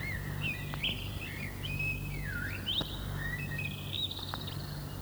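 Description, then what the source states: Common Blackbird song: rich, fluting warbled phrases with swooping, gliding notes and a few sharp clicks, over low background hum. Rest song (Ruhegesang), sung at dusk purely for pleasure without expressing anything, by a sated bird perched fluffed up on a branch; described as the most beautiful to human ears.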